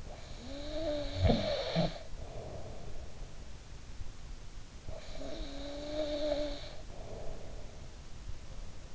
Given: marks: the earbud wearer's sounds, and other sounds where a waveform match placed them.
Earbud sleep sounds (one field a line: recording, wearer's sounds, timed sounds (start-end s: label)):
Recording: sounds in sleep by an in-ear microphone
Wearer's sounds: snoring breath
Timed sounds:
0.00-3.09 s: snoring breath
4.71-7.93 s: snoring breath